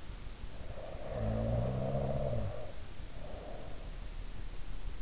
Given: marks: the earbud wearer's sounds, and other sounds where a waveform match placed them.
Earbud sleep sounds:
sounds in sleep by an in-ear microphone; snoring breath
0.70-4.02 s: snoring breath

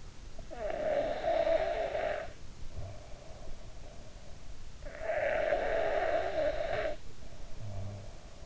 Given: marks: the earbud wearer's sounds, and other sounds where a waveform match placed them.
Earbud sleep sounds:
sounds in sleep by an in-ear microphone; snoring breath
0.38-4.30 s: snoring breath
4.85-8.46 s: snoring breath

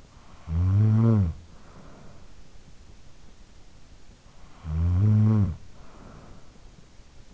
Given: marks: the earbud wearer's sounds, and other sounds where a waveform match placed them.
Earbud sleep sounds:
sounds in sleep by an in-ear microphone; snoring breath
0.00-2.91 s: snoring breath
4.01-6.95 s: snoring breath

